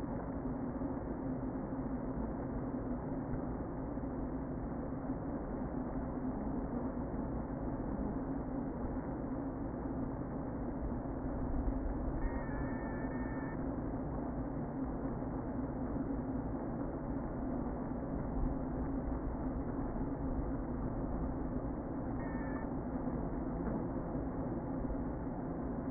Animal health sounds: honeybee colony, microphone inside the hive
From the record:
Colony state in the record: queen present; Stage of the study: before two queens were removed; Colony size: about 60,000 bees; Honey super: yes

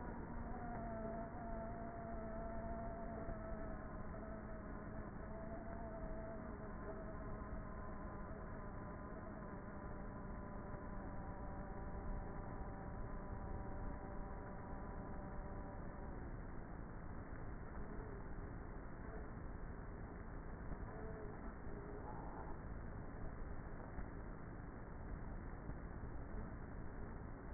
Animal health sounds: honeybee colony, microphone inside the hive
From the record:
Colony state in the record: queenless with a low population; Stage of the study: before two queens were removed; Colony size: about 30,000 bees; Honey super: no

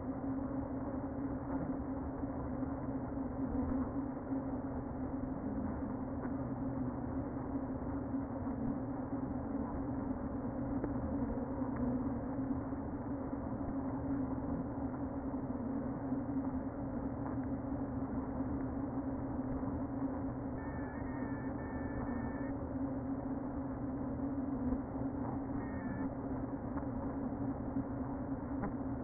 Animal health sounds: honeybee colony, microphone inside the hive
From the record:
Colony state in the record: queen present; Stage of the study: before two queens were removed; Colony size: about 60,000 bees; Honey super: yes

